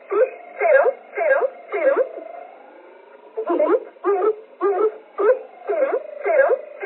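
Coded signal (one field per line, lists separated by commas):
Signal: numbers station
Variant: G11, German voice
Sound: about eleven short, evenly spaced spoken words in a slow rhythm, with a brief pause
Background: radio static, carrier tone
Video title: Zahlensender / Number Station G11 - Strich - 23.05.1980 - 744 / 000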